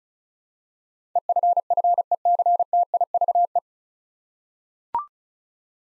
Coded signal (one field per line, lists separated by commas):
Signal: Morse code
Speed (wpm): 36 wpm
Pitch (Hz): 700 Hz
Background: none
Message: EFFECTIVE